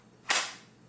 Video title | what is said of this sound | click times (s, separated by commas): SouthCarolinaMike's unboxing and first impressions!!! | just snaps right in there | 0.3 s